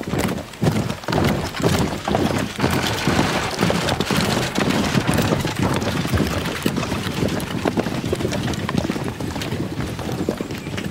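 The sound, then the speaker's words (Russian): Soldiers in formation march off on command in boots: a steady, even beat of heavy footfalls, about two steps per second, thudding over a continuous low rumble of background noise with no voices. “Равняйсь! Смирно! Направо! Шагом марш! На ногах Джурабаева новые сапоги.”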